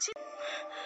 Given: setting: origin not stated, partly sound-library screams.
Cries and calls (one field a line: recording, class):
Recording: one-second piece from a danger detection set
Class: woman in danger